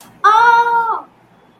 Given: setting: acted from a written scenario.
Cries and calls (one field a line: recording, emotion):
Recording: vocal sound without words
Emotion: pain